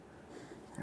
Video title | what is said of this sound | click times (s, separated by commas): How to Replace Crankshaft Position Sensor 2010-2013 Kia Forte Koup (2.4L L4) | I felt that slide in. I felt an audible click, really. | 0.8 s